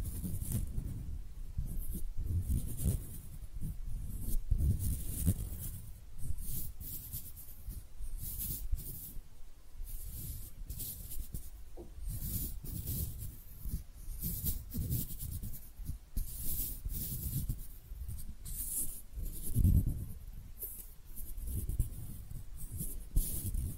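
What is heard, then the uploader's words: Hands rub and brush together in soft, continuous strokes, with dry hissing swishes that come and go every second or so. A low rumble sits beneath the rustling, and the strokes keep an even, unhurried density for the whole stretch. ASMR Relaxing Hand Sounds (No Talking).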